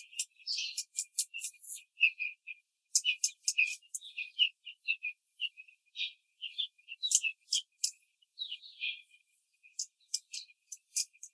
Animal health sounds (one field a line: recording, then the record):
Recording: young laying hens in a cage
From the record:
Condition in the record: control cage, after the stress test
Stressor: none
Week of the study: 4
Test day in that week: 1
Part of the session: 4